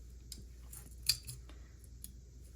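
While reassembling a 1911 pistol slide, the recoil spring is put in to hold the recoil spring plug, then the metal barrel bushing is turned over the plug. Light metallic ticks and handling sounds lead to a sharp metallic click at 1.1 s as the bushing and recoil spring plug lock in place.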